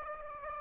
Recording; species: mosquito wingbeat signal from an infrared sensor; Aedes aegypti